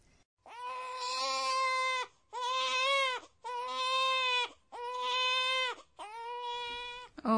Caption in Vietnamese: Tiếng khóc oe oe của trẻ sơ sinh.